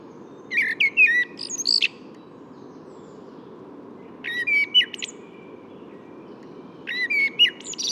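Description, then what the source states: Common blackbird singing three short phrases, each opening with mellow whistled notes and breaking into thin, high scratchy twitters, with silent gaps between them and a constant low rumble behind. Singing in the morning at Bois de Vincennes on 6 April 2018; the third blackbird heard that morning.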